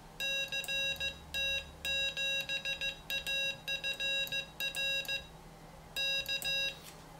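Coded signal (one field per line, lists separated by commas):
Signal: Morse code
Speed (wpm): 15 wpm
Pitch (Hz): 2750 Hz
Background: none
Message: CT7AFR K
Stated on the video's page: Morse sent with a homemade CW keyer kit built for CW learning.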